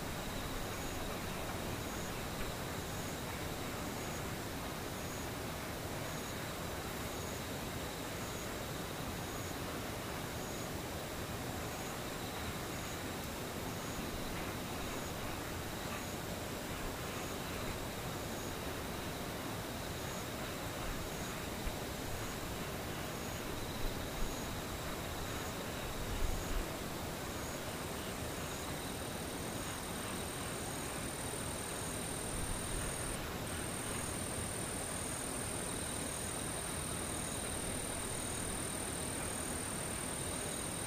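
Insects buzz and trill without a break through a thick, steady hiss, with a fine rapid pulsing in the upper range. Near the half-minute mark a higher, thinner whine joins in and holds to the end, while a soft low rumble stays underneath throughout.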